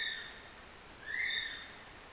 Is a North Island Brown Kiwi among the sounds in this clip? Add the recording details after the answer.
yes. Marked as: faintness 1/5. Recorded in New Zealand on 12 February 2013. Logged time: 22:59. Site DH65